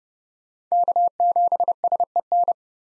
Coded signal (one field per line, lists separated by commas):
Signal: Morse code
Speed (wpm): 31 wpm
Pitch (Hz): 700 Hz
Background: none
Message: K7SEN